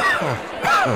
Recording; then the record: coughing mixed with background sound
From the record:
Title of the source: Heavy cold and sore throat coughing.